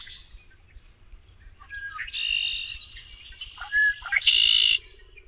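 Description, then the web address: Red-winged blackbird: a scratchy buzzing trill with a few short slurred notes before it and a loud final burst, over a low steady rumble. North America. "Songs of Birds of North America Know Your Bird Sounds Common Western Species 46-Red-winged Blackbird"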